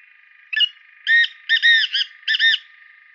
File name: Black Francolin